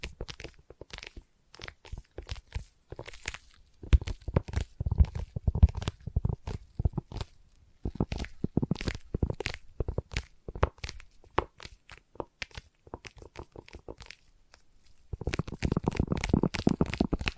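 Sticky tapping and sticky trigger sounds: quick, irregular bursts of crisp, crackly taps and peeling clicks, some sharp and bright, others thicker and lower. The rhythm is uneven, with short quiet gaps, and a denser, steadier stretch of sticky crackling fills the last two seconds.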